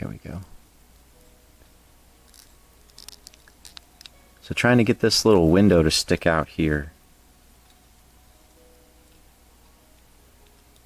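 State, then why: Not seated. A small plastic window piece is handled against a toy vehicle body, being pressed so it sticks out. Faint clicks and taps come between 3.0 and 4.1 seconds, and someone talks from about 4.5 to 6.9 seconds. Nothing has seated or clicked yet.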